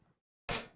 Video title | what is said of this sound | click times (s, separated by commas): Nimo N173 Laptop - AMD Ryzen 5 6600H with 17.3" display | a pop. There it goes. | 0.5 s